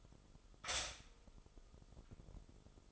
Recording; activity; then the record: daily activity, microphone in the room; stop toaster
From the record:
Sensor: 5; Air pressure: 988.7 hPa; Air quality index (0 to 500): 230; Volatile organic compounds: 169 ppm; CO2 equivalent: 4102 ppm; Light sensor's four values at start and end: 40/124/48/51 and 40/124/48/51